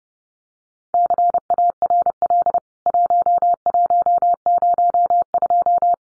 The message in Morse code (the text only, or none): CARL 1102